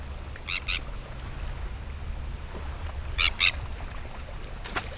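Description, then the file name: Sandwich tern giving harsh, grating double calls, one pair early and another pair about two and a half seconds later, then a fainter note, over a steady low rumble. "Kentsk tarna"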